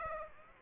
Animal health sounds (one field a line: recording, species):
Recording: mosquito wingbeat signal from an infrared sensor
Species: Aedes aegypti